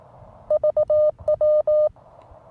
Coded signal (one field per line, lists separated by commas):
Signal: Morse code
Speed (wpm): 18 wpm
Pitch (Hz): 610 Hz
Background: none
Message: VW